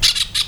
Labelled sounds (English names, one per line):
Brown-throated Parakeet contact call